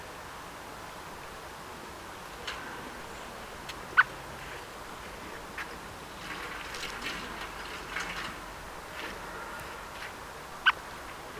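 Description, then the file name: Common blackbird calling with two abrupt, sharp notes several seconds apart, amid soft scattered chirps of other birds and a continuous low hiss. "Turdus merula"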